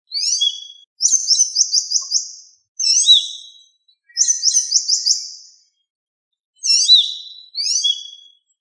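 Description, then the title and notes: Bird singing high, squeaky chirped phrases alternating with rapid rhythmic trills of repeated notes, separated by short pauses. Birdsong from Indonesia. "Kumpulan Kicau Burung Indonesia"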